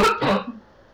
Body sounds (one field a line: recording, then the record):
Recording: coughing mixed with background sound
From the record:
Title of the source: Barking cough - # 10